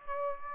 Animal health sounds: mosquito wingbeat signal from an infrared sensor; Aedes aegypti

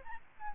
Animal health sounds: mosquito wingbeat signal from an infrared sensor; Aedes albopictus

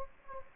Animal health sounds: mosquito wingbeat signal from an infrared sensor; Anopheles gambiae

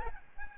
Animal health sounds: mosquito wingbeat signal from an infrared sensor; Aedes albopictus

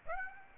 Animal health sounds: mosquito wingbeat signal from an infrared sensor; Aedes aegypti

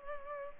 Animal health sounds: mosquito wingbeat signal from an infrared sensor; Culex pipiens

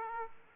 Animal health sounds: mosquito wingbeat signal from an infrared sensor; Aedes aegypti

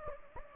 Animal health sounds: mosquito wingbeat signal from an infrared sensor; Anopheles gambiae

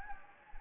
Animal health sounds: mosquito wingbeat signal from an infrared sensor; Anopheles gambiae

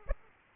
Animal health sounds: mosquito wingbeat signal from an infrared sensor; Aedes aegypti

